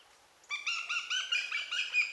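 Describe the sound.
Eurasian goshawk calling with a rapid run of harsh notes.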